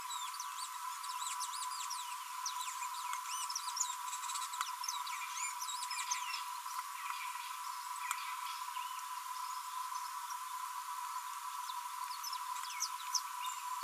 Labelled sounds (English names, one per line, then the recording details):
Green-rumped Parrotlet babbling
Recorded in a nest box in Venezuela
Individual 18B25A4